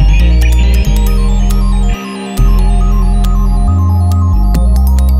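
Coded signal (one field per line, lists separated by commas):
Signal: none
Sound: beeps in background music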